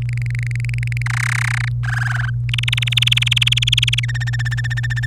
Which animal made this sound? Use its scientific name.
Serinus canaria